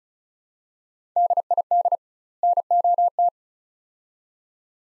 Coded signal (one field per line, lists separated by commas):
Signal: Morse code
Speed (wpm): 36 wpm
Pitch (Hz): 700 Hz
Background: none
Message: DID NOT